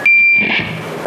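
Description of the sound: A steady, piercing high-pitched whistle lasts about half a second, with a fainter, higher overtone, then fades into a softer hiss and room noise. It is a simulated tinnitus sound, somewhat like a howling squeal: the shrill ringing or squealing some people hear in their ears with no outside source.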